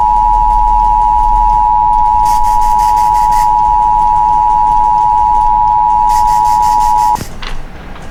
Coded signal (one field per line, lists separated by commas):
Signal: Emergency Alert System (SAME) tones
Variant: 853 and 960 Hz attention tone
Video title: Child Abduction Emergency || 7-19-24 (EAS #2,950)